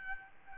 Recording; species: mosquito wingbeat signal from an infrared sensor; Aedes albopictus